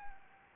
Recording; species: mosquito wingbeat signal from an infrared sensor; Anopheles gambiae